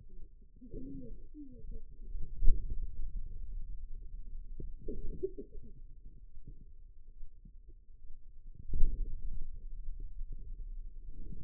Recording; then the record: forearm muscle sounds (acoustic myography)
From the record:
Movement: pen grasping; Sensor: system 2, bracelet of six BSWA MPA416 microphones around the upper forearm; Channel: 4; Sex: female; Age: 25 years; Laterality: right